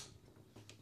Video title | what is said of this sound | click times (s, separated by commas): Fractal Design Arc XL Mid-Tower Case Review, Unboxing and Benchmarks | and you just slide it into the notch until it clicks | 0.7 s